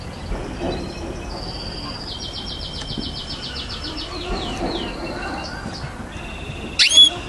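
Canary song, quiet: a run of fast, even trills followed by buzzy descending notes and a held whistled tone, ending with a sudden loud chirp.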